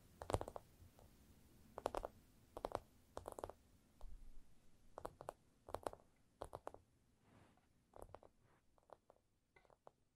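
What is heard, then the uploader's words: ASMR tapping in quick clustered bursts of sharp knocks, roughly every second, with a soft rustle near seven seconds and a low hum beneath. ASMR Irresistible Tapping. No Talking.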